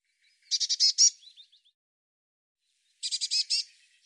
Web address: cianscape birddata Deverinetal 2025 Bird Cy Ca Cy Ca